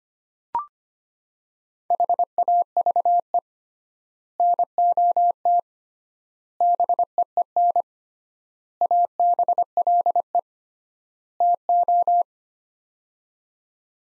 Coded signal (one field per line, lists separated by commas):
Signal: Morse code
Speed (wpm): 25 wpm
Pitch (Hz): 700 Hz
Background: none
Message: HAVE NOT BEEN ABLE TO